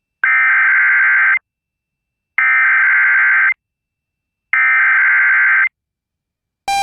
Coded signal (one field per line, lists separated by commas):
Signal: Emergency Alert System (SAME) tones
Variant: header bursts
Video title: EAS Tornado Warning Thief River Falls, Minnesota +WeatherSTAR4000 KKAQ/NOAA Weather Radio WXK43